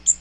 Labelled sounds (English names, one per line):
Magnolia Warbler flight call